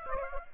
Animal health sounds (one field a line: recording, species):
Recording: mosquito wingbeat signal from an infrared sensor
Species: Aedes aegypti